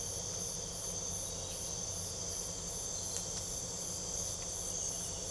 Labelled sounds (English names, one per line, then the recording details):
none
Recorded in pastures near Puerto Asís, Putumayo, Colombia, on 26 December 2024 at 04:00
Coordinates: 0.497, -76.327
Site G088